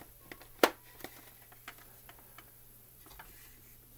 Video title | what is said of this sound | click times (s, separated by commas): POWER RANGERS - BANDAI - LEGACY RED RANGER HELMET - UNBOXING AND REVIEW!!! | okay there we go with a little pressure it actually locks into place on there wow this | 0.6 s